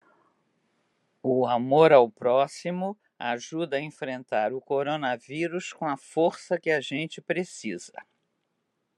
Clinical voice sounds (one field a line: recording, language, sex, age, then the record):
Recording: spoken sentence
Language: Brazilian Portuguese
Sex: female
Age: 70 to 79 years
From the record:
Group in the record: control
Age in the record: 71 years